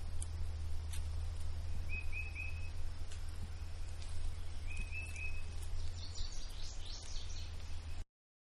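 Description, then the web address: Bird song: two short trilled phrases a few seconds apart, then a higher run of quick falling warbled notes, over a steady deep rumble and faint background hiss. Periodic bird song in woods. "Manhattan Production Music. Woods Periodic Bird Song"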